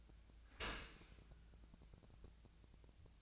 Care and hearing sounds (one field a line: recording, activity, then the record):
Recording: daily activity, microphone in the room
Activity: open dishwasher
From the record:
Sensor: 2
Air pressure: 1000.3 hPa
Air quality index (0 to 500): 162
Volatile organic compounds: 3 ppm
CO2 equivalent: 1344 ppm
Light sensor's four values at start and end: 11/31/12/14 and 11/31/12/14